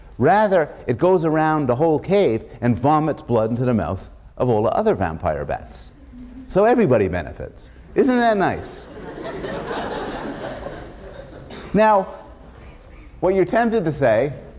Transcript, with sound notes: Rather, it goes around the whole cave and vomits blood into the mouth of all the other vampire bats so everybody benefits. Isn't that nice? [laughter] Now, what you're tempted to say